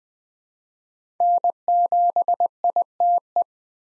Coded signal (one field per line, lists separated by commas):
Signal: Morse code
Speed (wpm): 20 wpm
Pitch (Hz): 700 Hz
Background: none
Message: N7ITE